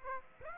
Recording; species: mosquito wingbeat signal from an infrared sensor; Aedes aegypti